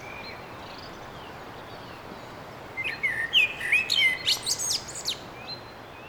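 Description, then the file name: Common blackbird singing after a quiet start, a warbled phrase of rich whistles ending in thin, high, scratchy twittering notes, with soft background noise. "Merle"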